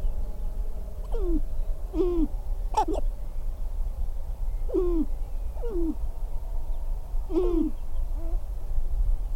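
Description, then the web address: Sharp-tailed grouse uttering short, low hoots with a falling hook, in loose pairs and clusters, with a few sharper higher notes mixed in over a background rumble. "Natural Sounds Sharp-tailed Grouse"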